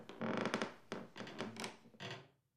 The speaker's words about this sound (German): Jemand streifte vor seiner Tür entlang. Können Sie die Leute nicht einfach schlafen lassen? Was müssen Sie denn die ganze Nacht herumlaufen wie ein Tier?